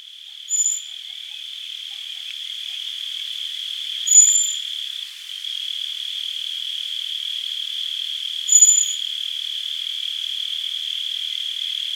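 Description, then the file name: Common blackbird: three thin, high-pitched whistles, with a steady shrill insect hum running underneath the whole time. "Turdus merula"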